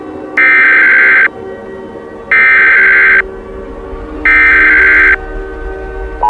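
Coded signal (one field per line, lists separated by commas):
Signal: Emergency Alert System (SAME) tones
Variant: header bursts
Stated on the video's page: Fictional EAS scenario with added music.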